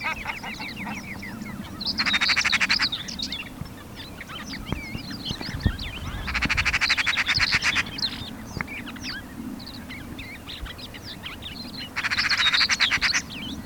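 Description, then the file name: Eurasian magpie rattle: three bursts of fast harsh pulses spaced several seconds apart, with busy twittering of other birds throughout. "Pica pica"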